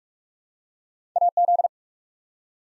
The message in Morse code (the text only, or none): AZ